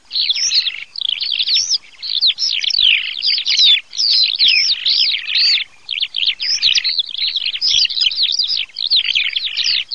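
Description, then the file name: Eurasian skylark song, a continuous high rapid warble of trilled and chirped notes with only brief gaps. "ALLODOLA"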